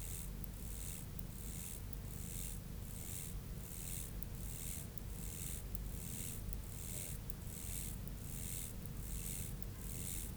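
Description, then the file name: Mottled grasshopper song of soft, hissy buzzes, brief bursts following one another in a steady series, with a constant low hum underneath. "Myrmeleotettix maculatus"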